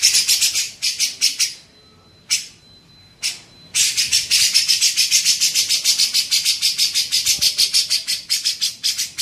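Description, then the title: Grey-cheeked bulbul harsh chatter: a short burst, two isolated rasping notes over a faint steady tone, then a long rapid run of scratchy pulses. Masteran recording used to train songbirds. "MASTERAN CUCAK JENGGOT"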